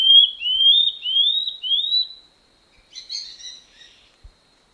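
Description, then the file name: Common scale-backed antbird song closing with four rising, upslurred whistled notes, followed by a brief softer chattering sound after a short pause. "canto do rendadinho"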